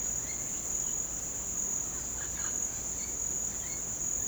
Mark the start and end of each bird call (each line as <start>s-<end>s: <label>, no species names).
1.92s-4.27s: bird call